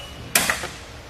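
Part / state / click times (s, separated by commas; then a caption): hitch bike rack tilt latch into rack mast / seated / 0.4 s. A Swagman Current hitch bike rack for two electric bikes, mounted on a 2019 Chevrolet Suburban, is lifted back up from its tilted position until the tilt lever latch snaps into place in the rack mast, showing it is secure. A sharp, loud metallic snap lands at 0.4 s, followed by a smaller tick at 0.5 s that fades into quiet background. The latch has seated.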